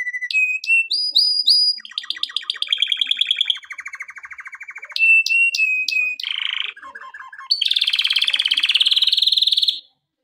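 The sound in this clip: Canary song of quick whistles and buzzy trills at changing speeds, closing with a dense rolling trill.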